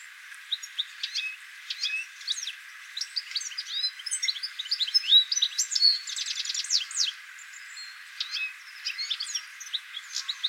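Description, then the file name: European goldfinch twitter, bursts of bright chirps and tinkling trills with a quick rattling series in the middle, broken by short pauses. "Carduelis carduelis"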